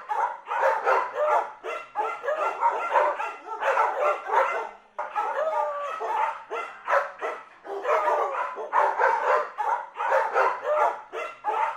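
Dog barking and yapping almost without pause, barks mixed with whiny yelps throughout.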